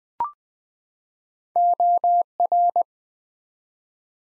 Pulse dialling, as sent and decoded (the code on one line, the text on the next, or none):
none